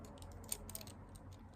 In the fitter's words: dedans. C'est clipsé.